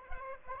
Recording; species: mosquito wingbeat signal from an infrared sensor; Aedes aegypti